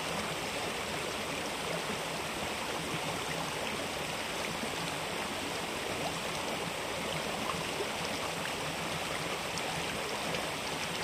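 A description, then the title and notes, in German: A small stream runs steadily, its water rushing and babbling in a dense, unbroken wash that stays level for the whole stretch. Fine splashes and gurgles flicker through the constant flow, with a soft low rumble underneath and no other sounds standing out. Binaural recording. Das Wetter ist eisig kalt und der Bach ist umrandet von dicken Eiszapfen.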